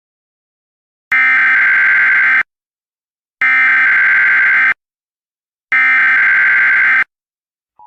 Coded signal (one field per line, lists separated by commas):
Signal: Emergency Alert System (SAME) tones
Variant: header bursts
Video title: ThisIsNotATest EAS and EBS Mock Videos - Season 2